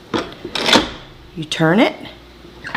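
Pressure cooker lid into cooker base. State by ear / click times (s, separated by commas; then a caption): not seated / none. A pressure lid is turned on the base of a Ninja Foodi Deluxe pressure cooker while someone talks, with short handling knocks near 0.1 s, 0.6 s and 2.8 s. The lid is still being handled at the end, and nothing has seated or locked yet.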